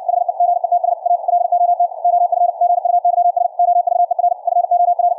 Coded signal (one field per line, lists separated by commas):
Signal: Morse code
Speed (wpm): 64 wpm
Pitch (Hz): 700 Hz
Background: none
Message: HE GETS A LOT OF GUYS OVER FOR